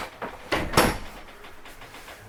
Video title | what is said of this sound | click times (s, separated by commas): Flagstaff Microlite 25BDS Orientation | you heard that little click | 0.8 s